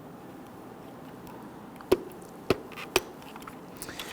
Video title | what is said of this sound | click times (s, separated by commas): How to Replace Fuel Pump Module Assembly 2011-2015 Kia Sorento 2.4L L4 | Once it's snapped on, that'll move together. | 3.0 s